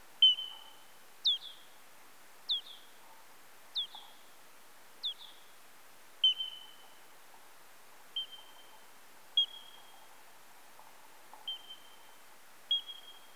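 Eastern coastal free-tailed bat calls: short pulses, each a sharp downward flick settling into a flat tone, repeated at intervals of a second or two, over a steady background hiss.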